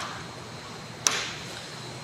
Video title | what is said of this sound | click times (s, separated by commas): Seedling Cart Assembly | from either end of the light they just snap in place | 1.1 s